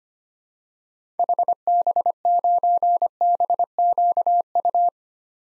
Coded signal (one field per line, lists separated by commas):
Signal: Morse code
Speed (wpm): 25 wpm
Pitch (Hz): 700 Hz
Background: none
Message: HB9BQU